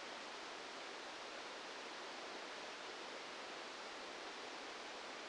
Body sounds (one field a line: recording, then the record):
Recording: brain microelectrode recording played as sound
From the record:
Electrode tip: outside the subthalamic nucleus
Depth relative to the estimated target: -6 mm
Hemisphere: left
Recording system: NeuroSet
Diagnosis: Parkinson's disease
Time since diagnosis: 8 years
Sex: male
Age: 59 years